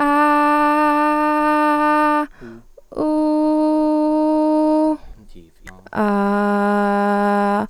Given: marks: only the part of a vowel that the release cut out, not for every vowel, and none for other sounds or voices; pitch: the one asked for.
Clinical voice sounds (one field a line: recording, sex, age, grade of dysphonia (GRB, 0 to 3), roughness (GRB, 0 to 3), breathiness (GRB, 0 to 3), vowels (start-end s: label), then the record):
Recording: sustained vowels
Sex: female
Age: 20 to 29 years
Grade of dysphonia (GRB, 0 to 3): 0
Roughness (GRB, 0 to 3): 0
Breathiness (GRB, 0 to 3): 0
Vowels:
0.26-2.13 s: vowel /a/, high pitch
3.10-4.31 s: vowel /u/, high pitch
6.12-7.57 s: vowel /a/, low pitch
From the record:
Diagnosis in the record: healthy voice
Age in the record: 20 years